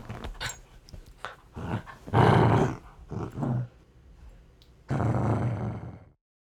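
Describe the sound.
Dog growling in several low, rough bursts, with quieter rumbles at the start.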